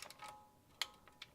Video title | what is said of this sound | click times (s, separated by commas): Replacing a transmission pan gasket on a 1959 Ford F100! | got to click | 0.8 s